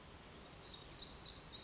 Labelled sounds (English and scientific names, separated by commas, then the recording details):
Black-throated Gray Warbler (Setophaga nigrescens)
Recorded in Sonoma County, California